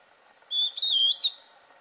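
Antbird singing a single clear whistle, level at first, then dipping and rising in a wavy flourish, with quiet hiss behind.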